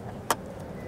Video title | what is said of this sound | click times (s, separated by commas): 306. Supercargadores Tesla abiertos al resto de eléctricos | conectándolo en lo que escuchamos es el automóvil el clic | 0.3 s